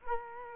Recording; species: mosquito wingbeat signal from an infrared sensor; Culex quinquefasciatus